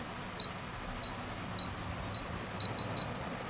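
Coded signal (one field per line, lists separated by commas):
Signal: beep code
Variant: La Gard 39E safe lock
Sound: four separate high keypress beeps, then three quick high beeps in a row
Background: low room hiss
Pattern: 3 short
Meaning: Error: the code entry was done wrong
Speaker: we got three beeps which means I've done it completely wrong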